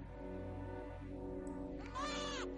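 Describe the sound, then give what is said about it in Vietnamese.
A baby cries in a long, wavering wail, its pitch sliding up and down before rising into a sharper, louder cry near the end. “Tiếng trẻ con khóc dội thẳng vào tai tôi, khiến cho mọi suy nghĩ đều đình trệ.”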